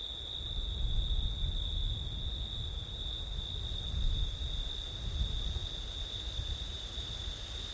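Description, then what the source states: Crickets trilling steadily at high pitch while gusty wind rumbles loudly underneath, rising and falling in waves. Crickets on a windy September night; ortif recording.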